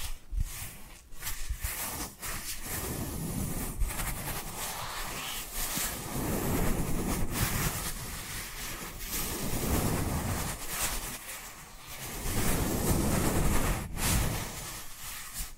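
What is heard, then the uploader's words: Dry hands rub together in a continuous, rough swishing that swells and eases in long strokes, steady throughout. Brief dips and sharper scrapes break the texture every second or two, with a few crisp ticks near the start and around fourteen seconds. Dry Dry Hand Sounds. (No Talking).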